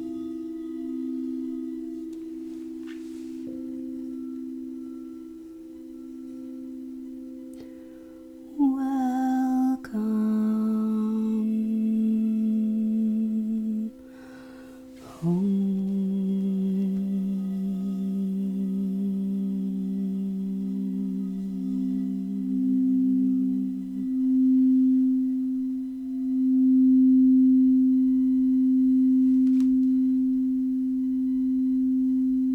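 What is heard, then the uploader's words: Crystal singing bowls hum a steady low drone, with struck tones shifting the pitch near nine, ten and fifteen seconds before settling again. Crystal singing bowls.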